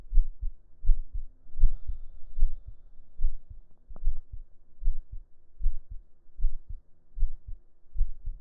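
Steady, muffled low double thumps at about 76 beats a minute, an adult's heartbeat heard with the ear laid on the chest under the shirt.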